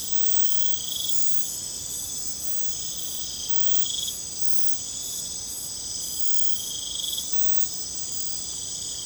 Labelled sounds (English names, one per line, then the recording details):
none
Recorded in secondary vegetation near Puerto Asís, Putumayo, Colombia, on 26 December 2024 at 01:00
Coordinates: 0.499, -76.323
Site G010